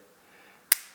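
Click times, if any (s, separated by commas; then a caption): 0.7 s. An Allen wrench tightens the travel screw of a cocked Nock 2 It archery release until the sear trips and the jaw snaps open. After near-silence, a single sharp, loud click sounds at 0.7 s and decays quickly, confirming the release has fired.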